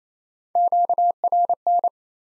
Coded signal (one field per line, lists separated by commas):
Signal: Morse code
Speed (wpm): 28 wpm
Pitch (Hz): 700 Hz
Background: none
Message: QRN